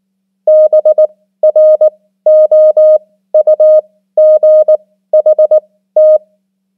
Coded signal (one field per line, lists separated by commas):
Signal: Morse code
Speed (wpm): 19 wpm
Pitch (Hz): 620 Hz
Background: none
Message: BROUGHT